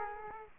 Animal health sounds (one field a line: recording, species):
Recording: mosquito wingbeat signal from an infrared sensor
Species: Aedes aegypti